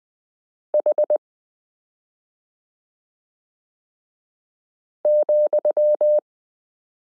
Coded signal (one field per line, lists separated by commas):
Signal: Morse code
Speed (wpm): 20 wpm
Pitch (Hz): 600 Hz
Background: none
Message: H,